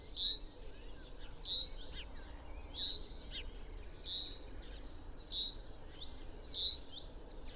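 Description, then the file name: Common chaffinch calls: short, sharp, high notes repeated about every 1.3 seconds against a soft, noisy background. "Fringilla coelebs"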